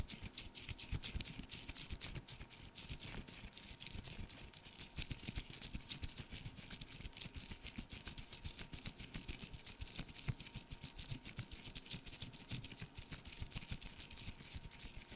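Cleaning sounds for a face-cleaning ASMR piece: a dense, unbroken run of quick scratchy crackles and taps that keeps the same busy pace for the whole stretch. A faint steady tone hums underneath, with soft low thumps mixed in.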